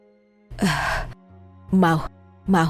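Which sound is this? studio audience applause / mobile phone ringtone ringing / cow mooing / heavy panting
heavy panting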